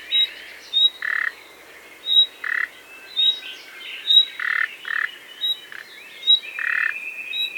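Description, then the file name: Common nightingale calling, brief high whistled notes interspersed with rasping croaks, repeating at irregular intervals. "Luscinia megarhynchos"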